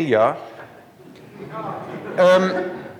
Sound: laughter